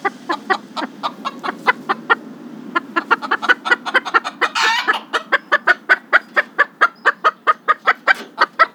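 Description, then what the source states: Chicken clucks repeated rapidly and evenly, with a noisy squawk in the middle. More than one chicken.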